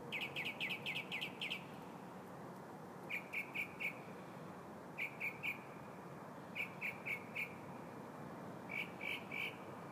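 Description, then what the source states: Bird song of bright repeated chirps, a rapid run of about six notes followed by tight clusters of three or four, spaced roughly every second or two. Recorded in the morning, 4 February 2015.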